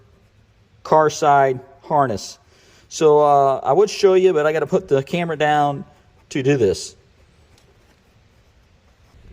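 While installing a Forza exhaust valve controller on a Ferrari 458, someone handles the female plug of the controller harness, which goes onto the car-side wiring harness connector. A man talks, then there is quiet background hiss with only a faint tick near the end. Nothing has seated or clicked yet.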